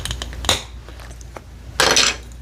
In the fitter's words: And if y'all didn't hear that click, that's how hard that was.